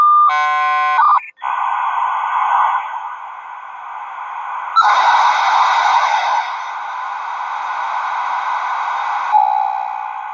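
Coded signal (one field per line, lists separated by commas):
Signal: dial-up modem handshake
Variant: 56k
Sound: harsh multi-tone warble, a short pure tone, then loud shifting broadband hiss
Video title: NetZero Dial-Up in 2023 on a 56k US Robotics Modem!! #shorts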